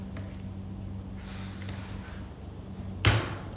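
A T-handle torque limiter on a shaft tightens a set screw in a spinal screw head, with a steady low hum and faint soft ticks near 0.2 and 1.7 seconds. At 3.1 seconds the handle gives one sharp, bright click as it reaches its torque setting, the first of the two clicks needed.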